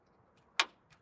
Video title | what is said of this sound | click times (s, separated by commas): 2015-2017 Jeep Grand Cherokee - Factory Backup Camera - Easy DIY Plug & Play Installation | and that just snaps into place | 0.6 s